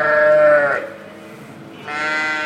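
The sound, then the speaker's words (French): Dairy ewes on a farm in Solières-Sardière bleat loudly and insistently, two long wavering calls separated by a brief lull, their harmonic cries overlapping as the flock grows restless at feeding time, with no voices present. “Là, elles vont commencer à s'énerver, ben, c'est l'heure du casse-croûte. Et là, une brebis, ça a vraiment une pendule dans la tête.”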